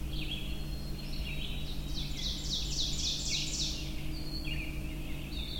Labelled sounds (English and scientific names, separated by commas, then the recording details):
Ovenbird (Seiurus aurocapilla) song
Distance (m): 25 m
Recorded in boreal forest in Alberta, Canada, on 23 June 2016 at 05:18
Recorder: SongMeter 3, array SBT-6-76
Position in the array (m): 139 m, 99 m
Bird 3